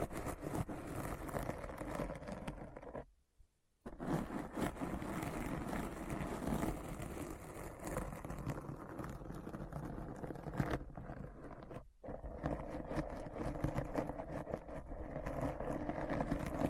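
Deep Brain Scratch: a thick, grinding wall of noise with a heavy low rumble and gritty, crackling detail running through it, like an engine churning. It cuts to near silence for under a second around the three-second mark, then resumes, dipping briefly again near twelve seconds.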